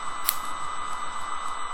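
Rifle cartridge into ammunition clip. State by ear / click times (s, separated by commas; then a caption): seated / 0.3 s. A rifle cartridge is pushed backwards into a metal stripper clip until its rim passes the groove, and it clicks into place with a single sharp, brief click at 0.3 s. A steady hum and faint high tones continue underneath, and the cartridge ends up seated in the clip.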